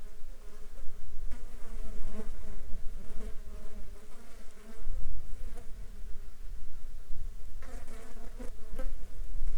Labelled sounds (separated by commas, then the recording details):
insects
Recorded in the Arctic National Wildlife Refuge, Alaska, on 9 July 2019 at 12:34
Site 35